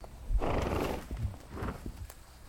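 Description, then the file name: Horse snorting: a loud, breathy, noisy burst of air lasting about half a second, then a softer second snort. "ANIMAL HORSE SNORTING"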